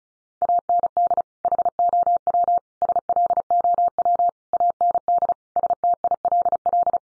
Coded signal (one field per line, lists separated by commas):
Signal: Morse code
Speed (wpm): 34 wpm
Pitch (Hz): 700 Hz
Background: none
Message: AND HOW SLOW AND STILL